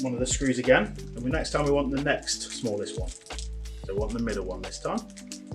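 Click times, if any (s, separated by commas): none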